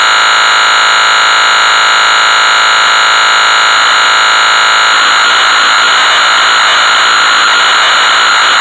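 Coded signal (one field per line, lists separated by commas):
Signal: computer data on cassette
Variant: Amstrad CPC 464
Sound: steady buzzing lead tone, then harsh screeching data noise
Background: tape hiss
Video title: Hard Hat Mack (1983) - Amstrad CPC 464 (Full Tape Rip / Cassette Load)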